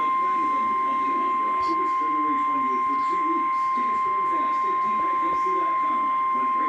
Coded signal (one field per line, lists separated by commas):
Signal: Emergency Alert System (SAME) tones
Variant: 1050 Hz attention tone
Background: speech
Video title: Severe Thunderstorm Warning EAS #68